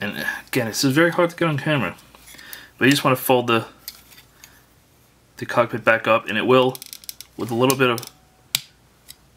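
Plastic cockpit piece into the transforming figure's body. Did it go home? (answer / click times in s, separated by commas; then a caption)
yes / 8.6 s. Someone talks while folding the plastic cockpit section of a transforming robot figure back up into the figure's body, pushing it with a little force. A sharp click at 8.6 s marks the cockpit seating in place, followed by a faint tap at 9.1 s.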